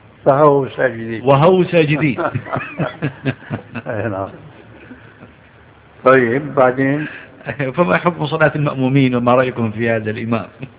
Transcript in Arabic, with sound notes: فهووا ساجدين.
وهووا ساجدين.
(ضحك الشيخ رحمه الله) أي نعم، طيب بعدين.
فما حكم صلاة المأمومين وما رأيكم في هذا الإمام؟